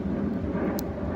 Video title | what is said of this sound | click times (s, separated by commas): 2012 Mercedes-Benz E350 mirror glass replacement | insert it until you heard that midle click and reconnecting those the | 0.8 s